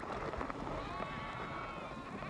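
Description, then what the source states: Sheep bleat: a long harmonic bleat held through most over a noisy background with scattered clicks. Recorded from a herd of sheep.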